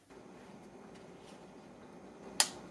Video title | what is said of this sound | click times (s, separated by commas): IRobot Braava Jet 240 Review and Demo | just slide it in from the right or left you'll hear a click | 2.4 s